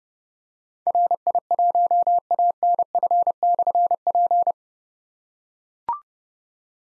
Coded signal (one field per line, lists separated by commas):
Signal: Morse code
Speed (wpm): 28 wpm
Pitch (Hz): 700 Hz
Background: none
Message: RI1ANF/P